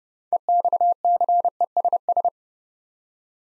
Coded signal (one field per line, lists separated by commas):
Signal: Morse code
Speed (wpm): 30 wpm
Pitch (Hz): 700 Hz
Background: none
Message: EXCESS